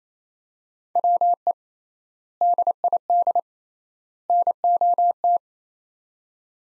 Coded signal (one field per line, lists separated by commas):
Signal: Morse code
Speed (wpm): 28 wpm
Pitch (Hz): 700 Hz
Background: none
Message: WE DID NOT